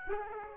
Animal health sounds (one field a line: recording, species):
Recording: mosquito wingbeat signal from an infrared sensor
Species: Aedes aegypti